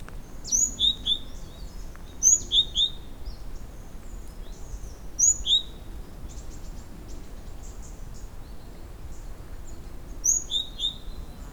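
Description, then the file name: Great tit song: bursts of high, bright two-note phrases, a higher note then a lower one, with pauses between, over faint low rumble. "Parus major"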